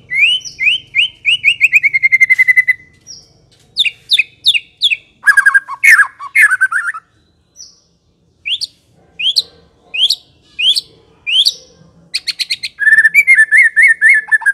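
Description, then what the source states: White-rumped shama singing a fast rich series of repeated whistled notes, then sharp chips, buzzy bursts and high sweeping notes, with brief silences between phrases and a final warbled trill. Song used as a lure to provoke a fighting, aggressive bird.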